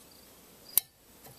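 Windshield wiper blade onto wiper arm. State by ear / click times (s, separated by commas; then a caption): seated / 0.8 s. A windshield wiper blade is pushed onto the hook of a metal wiper arm and popped up until its plastic adapter clips on. A single sharp, bright click sounds at 0.8 s against a quiet background, and the blade is seated on the arm.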